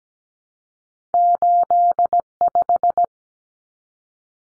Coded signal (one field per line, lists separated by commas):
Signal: Morse code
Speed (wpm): 17 wpm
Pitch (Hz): 700 Hz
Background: none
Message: 85